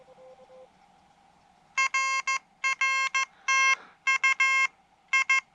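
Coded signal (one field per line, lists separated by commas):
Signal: Morse code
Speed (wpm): 15 wpm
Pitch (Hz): 2150 Hz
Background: none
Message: RR TU I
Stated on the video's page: Morse sent on an Elecraft KH1 during a Summits on the Air summit activation, QRP portable operation.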